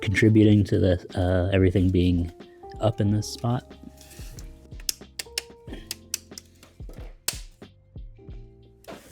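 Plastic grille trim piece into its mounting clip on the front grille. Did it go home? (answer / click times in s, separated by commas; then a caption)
yes / 7.3 s. A loose plastic trim piece on a Mini Cooper's front grille is pushed down into its mounting clip while someone talks, with background music and several sharp plastic clicks and taps. It snaps back into place with a distinct click at 7.3 s and is confirmed seated.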